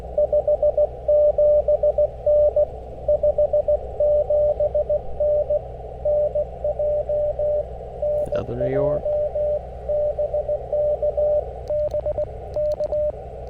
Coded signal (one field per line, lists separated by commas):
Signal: Morse code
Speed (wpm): 19 wpm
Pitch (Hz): 600 Hz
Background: speech, radio noise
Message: 57N 57N NJ NJ BK BK